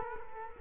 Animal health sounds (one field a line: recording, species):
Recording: mosquito wingbeat signal from an infrared sensor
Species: Culex quinquefasciatus